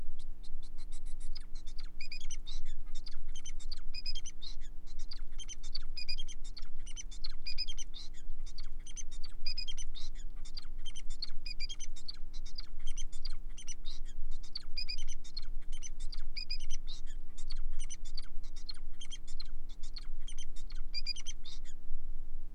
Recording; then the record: song of a male Bengalese finch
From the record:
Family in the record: son of father 4